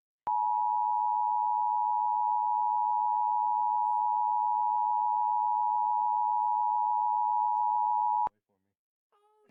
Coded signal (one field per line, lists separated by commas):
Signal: Emergency Alert System (SAME) tones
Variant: 853 and 960 Hz attention tone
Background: speech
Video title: EAS Alert #2 - Severe Thunderstorm Warning02